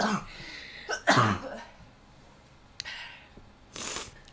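One sharp, harsh cough burst from an adult, followed by quieter breathy noise; an ordinary single cough.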